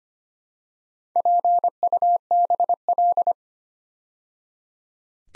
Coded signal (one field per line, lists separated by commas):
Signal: Morse code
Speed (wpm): 25 wpm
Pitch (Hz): 700 Hz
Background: none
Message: PUBL